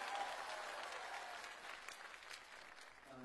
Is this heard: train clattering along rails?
no